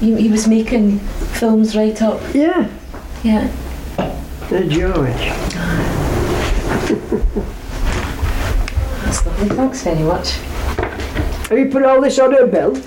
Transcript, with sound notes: He was making films right up--
Yeah.
Yeah.
George.
Aye. [laughs] That's lovely. Thanks very much.
Are you putting all this on her bill?